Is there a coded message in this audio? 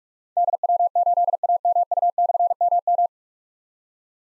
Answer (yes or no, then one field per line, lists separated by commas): yes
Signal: Morse code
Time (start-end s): 0.4-3.1 s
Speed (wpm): 44 wpm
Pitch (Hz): 700 Hz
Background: none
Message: DW8AMU/MM